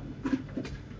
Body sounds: background sound without coughing

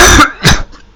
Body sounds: coughing

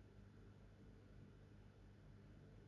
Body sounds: background sound without coughing

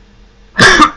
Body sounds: coughing

